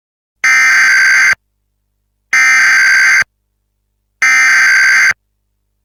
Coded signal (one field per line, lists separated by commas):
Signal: Emergency Alert System (SAME) tones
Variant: header bursts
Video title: THE RAPTURE - Lucifer attacks the America's - A remaster EAS Scenario